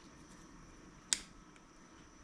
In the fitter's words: There we go. Where it snap into place.